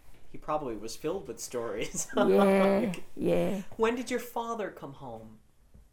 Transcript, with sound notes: He probably was filled with stories. [Laughs]
Yeah. Yeah.
When did your father come home?